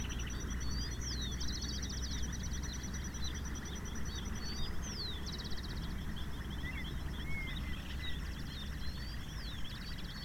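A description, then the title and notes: Birds call at summer dusk in open countryside, with quick high chirps, trills and rising whistles scattered through the whole stretch. A constant rough low rumble, like wind or traffic, sits underneath, and a steady insect-like buzz holds in the background. Summer dusk with birds near Vedia, Buenos Aires province, Argentina. I recorded this landscape on a summer afternoon, in a pasture land where a canal and a country road intersect; around 5 kilometers away from the center of town.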